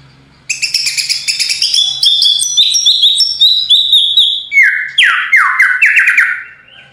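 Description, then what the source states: White-rumped shama pouring out rapid high chattering notes, then a series of loud downslurred whistles repeated in quick succession. Masteran training full rolling (ngerol) song with shooting (nembak) notes, for teaching caged birds.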